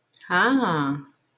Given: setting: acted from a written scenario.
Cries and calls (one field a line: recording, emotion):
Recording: vocal sound without words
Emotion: contentment